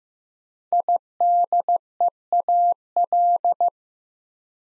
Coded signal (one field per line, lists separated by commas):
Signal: Morse code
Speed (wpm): 15 wpm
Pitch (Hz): 700 Hz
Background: none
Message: IDEAL